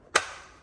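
With the bag end placed in the vacuum cavity, the plastic lid of a food vacuum sealer is pressed closed onto its base so the bag can be vacuumed and sealed. A single sharp latch click comes at 0.2 s and fades over about half a second, followed by a faint soft sound near the end. The lid latch has clicked shut and is seated.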